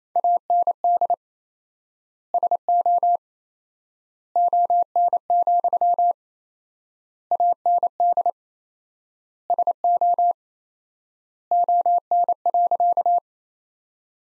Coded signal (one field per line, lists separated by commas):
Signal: Morse code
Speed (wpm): 28 wpm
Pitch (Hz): 700 Hz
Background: none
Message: AND SO ON, AND SO ON.